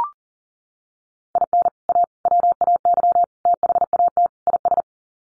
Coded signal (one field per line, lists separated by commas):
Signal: Morse code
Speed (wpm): 40 wpm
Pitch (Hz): 700 Hz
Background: none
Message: IN A WAY THAT IS